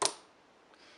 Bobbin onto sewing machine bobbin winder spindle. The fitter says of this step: Now it's clicked into place.